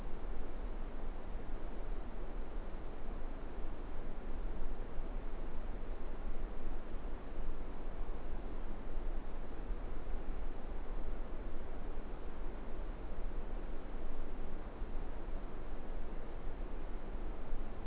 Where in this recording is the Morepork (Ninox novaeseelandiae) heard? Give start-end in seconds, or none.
none